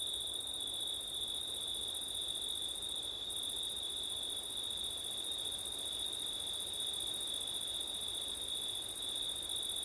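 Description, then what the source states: Crickets trill in a dense, even chorus, the highest voice briefly pausing about a third of the way in. Crickets on a September night, recorded in wind with an ORTF microphone setup.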